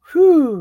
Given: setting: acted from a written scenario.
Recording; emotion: vocal sound without words; relief